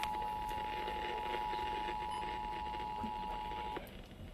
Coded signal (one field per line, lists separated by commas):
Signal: Emergency Alert System (SAME) tones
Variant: 853 and 960 Hz attention tone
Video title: Lemme Finish What I Started: EAS Compilation (because camera corruption) (6/13/22) EAS 819-899